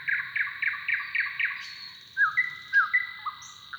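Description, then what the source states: Bird song opening with six evenly spaced chirps, then drawn-out whistles and down-slurred notes, over a faint continuous high tone. Song duel between neighbouring males.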